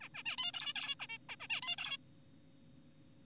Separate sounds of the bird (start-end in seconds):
0.01-0.09, 0.15-0.23, 0.26-0.37, 0.38-0.52, 0.54-0.73, 0.76-0.95, 1.00-1.07, 1.09-1.18, 1.29-1.36, 1.40-1.47, 1.50-1.61, 1.63-1.76, 1.78-1.97